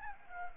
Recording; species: mosquito wingbeat signal from an infrared sensor; Anopheles arabiensis